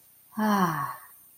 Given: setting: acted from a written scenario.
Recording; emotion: vocal sound without words; contentment